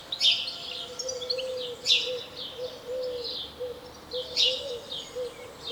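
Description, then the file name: House sparrow chirps, three bright harsh notes spaced over about four seconds, with softer chattering between them and a faint low steady drone underneath. "Passer domesticus"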